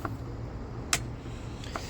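A factory-installed screw on the plastic cover of a Poulan Pro BVM200FE blower is loosened with a driver and breaks free with a sharp, bright snap at 0.9 s, showing it had never been removed before. Fainter ticks come at about 0.1 s and 1.8 s over a steady low hum. The screw is released.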